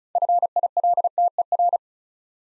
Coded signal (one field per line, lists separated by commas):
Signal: Morse code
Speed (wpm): 36 wpm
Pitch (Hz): 700 Hz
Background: none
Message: FILTER